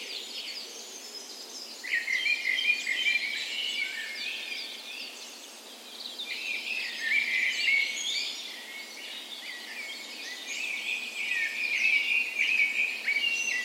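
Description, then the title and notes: Birds: dawn chorus of mixed birds, quieter start then dense overlapping high chirps and trills. Recorded in a park west in Bergen, Norway, on the morning of 17 May, Norway's National Day, in spring; Sony PCM A10 recorder with LOM Usi microphones as tree ears. "17th Of May Dawn Chorus. Recorded on the morning of Norways National Day the 17th of May in a park west in Bergen. Spring is in full effect, and the dawn chorus sounds wonderful!"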